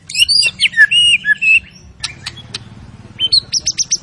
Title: MURAI BATU. MURAI GACOR SUPER EDAN SEMUA MATERI DI KELUARIN. SHAMA BIRD